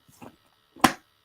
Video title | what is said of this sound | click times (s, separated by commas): Claudia Chisolm and GTM Original Handbags | we have a top draw that's held with rare earth magnets you hear that click | 0.8 s